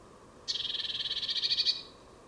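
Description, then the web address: Bird gives a single buzzy, pulsed churr lasting about one and a half seconds, the pulses growing slightly louder toward the end. "Deverinetal 2025 File origin Bird Only Cy Ca"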